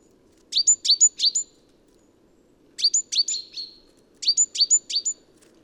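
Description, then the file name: Great tit giving bright, quick upslurred chirps in three bursts of about four, with soft low noise beneath. "Parus major"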